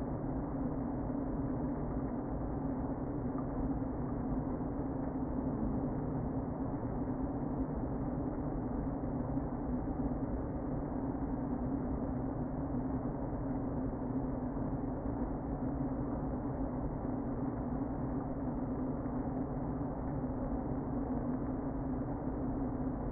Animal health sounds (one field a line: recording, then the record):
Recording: honeybee colony, microphone inside the hive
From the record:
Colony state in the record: queen present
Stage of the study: before two queens were removed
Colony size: about 60,000 bees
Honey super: yes